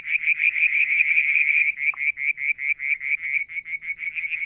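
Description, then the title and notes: Frog trill of quick, buzzy high pulses, dense at first and then spacing into distinct repeated notes, with one brief lower tap. Striped marsh frog, Verreaux's tree frog and an unidentified frog; Mount Wilson, New South Wales, Australia; July 2022; evening, near a water tank. "Frog song, Mount Wilson, New South Wales, Australia in July 2022 – by Alexander Moffatt. Limnodynastes Peronii, Litoria Verreauxii and a mystery frog one evening near the water tank"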